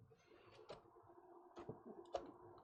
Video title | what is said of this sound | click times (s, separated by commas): H6 Flow and P600 swap 2 good Cases | push that in till it clicks | 2.2 s